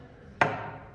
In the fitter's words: you want to hear it click and it's pretty obvious it'll be like pretty much flush and you'll feel that click